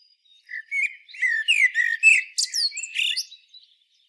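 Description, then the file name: Common blackbird song: slurred whistled notes that build into a jumble of higher squeaky notes and chirps. "Turdus merula"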